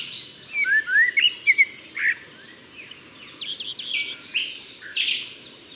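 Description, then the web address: Common blackbird pouring out a quick run of swooping whistled notes, then softer high scratchy twitters. "SETE data Turdus merula"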